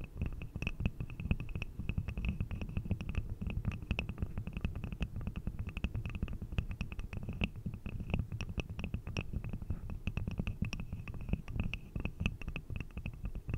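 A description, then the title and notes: Rapid, dense tapping runs steadily throughout, mixing dull low knocks with sharper bright clicks in a quick, uneven rhythm. ASMR 100% Pure Tapping For Tingles & Sleep (No Talking).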